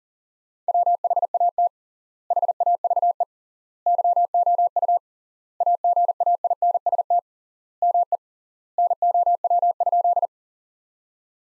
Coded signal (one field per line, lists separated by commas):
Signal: Morse code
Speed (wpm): 40 wpm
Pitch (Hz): 700 Hz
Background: none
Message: WHAT HAVE YOU AGAINST ME NOW?